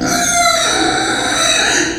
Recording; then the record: squeal of a Yucatan mini pig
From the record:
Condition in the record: before surgery on the right vocal fold (resection and tissue-engineered implant); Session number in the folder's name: 3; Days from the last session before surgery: 0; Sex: female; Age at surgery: 19 weeks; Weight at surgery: 25 kg